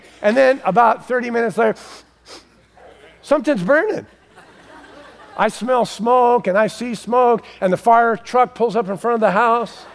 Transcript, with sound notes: And then about 30 minutes later, [sniffing] something’s burning. I smell smoke, and I see smoke and the fire truck pulls up in front of the house.